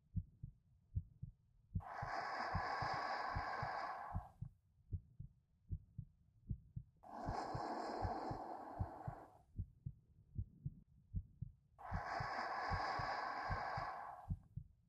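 Rapid, steady, pounding heartbeat near 115 a minute from an adult woman playing an older sister, with three long breaths over it, in an acted roleplay.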